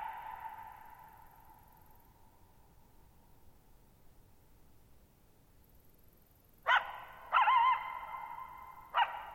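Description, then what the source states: Coyote's call fades out into a long quiet stretch, then three sudden wavering yips and barks break the stillness near the end. Lone coyote at night, July 14, 2019, near Thirtymile Meadows, Okanogan National Forest (Okanogan High Country), Pacific Northwest, 6400 ft; high, mostly dry plateau among tall mountains, shallow bowl-shaped meadow, boggy ground.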